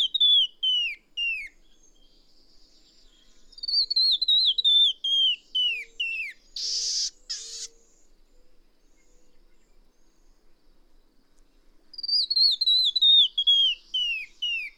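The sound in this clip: Songbird repeating descending whistled phrases of rapid notes, with a pair of harsh buzzy bursts in the middle and quiet gaps between phrases.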